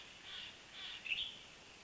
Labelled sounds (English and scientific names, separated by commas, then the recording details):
Western Tanager (Piranga ludoviciana)
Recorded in Sonoma County, California